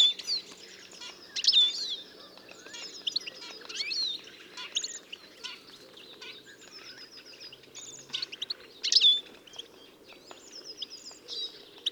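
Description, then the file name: European goldfinch twittering calls, repeated bright liquid phrases of high chirps and short buzzes, louder bursts near the start and end, low hum underneath. "Carduelis carduelis"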